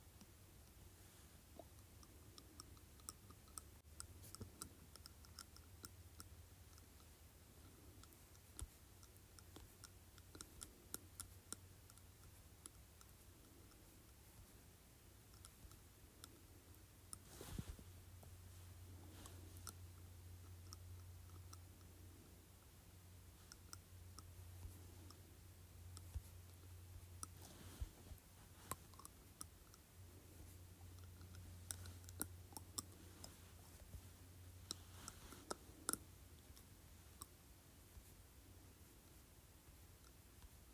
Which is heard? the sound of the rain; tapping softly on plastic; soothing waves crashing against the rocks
tapping softly on plastic